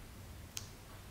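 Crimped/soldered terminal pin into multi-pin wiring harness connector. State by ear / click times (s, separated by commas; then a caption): seated / 0.6 s. A soldered terminal pin on a red injector power wire is pushed into a 64-pin wiring harness connector. A single short, sharp click sounds at 0.6 s over a quiet background as the pin snaps into place and is fully seated.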